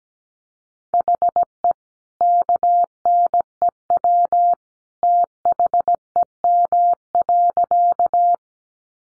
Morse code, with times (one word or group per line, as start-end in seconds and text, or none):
0.9-1.7 HE
2.2-4.5 KNEW
5.0-8.3 THEM.